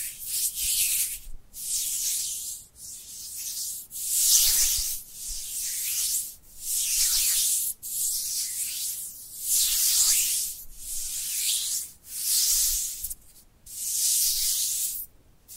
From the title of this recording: Dry Dry Dry Hand Sounds